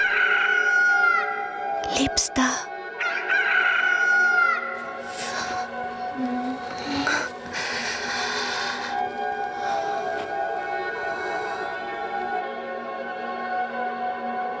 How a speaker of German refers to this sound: Auf ein Stillleben von Feldwerkzeug springt hinauf ein Hahn, er schlägt die Flügel, bläht den Hals und verkündet den Morgen.